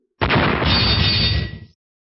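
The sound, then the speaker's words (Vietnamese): A loud, dense flurry of metal weapons clashing, packed into about a second and a half of harsh ringing impacts, then trailing off quickly. No voices. “Liên tiếp truyền ra tiếng kim loại va chạm.”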